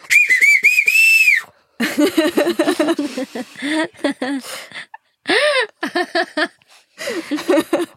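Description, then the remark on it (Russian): A person lets out one loud, piercing whistled signal lasting over a second, its pitch wavering up and down before sliding up at the end. Then people begin talking. “Только свистит, и все. Можешь показать какой-нибудь сейчас?”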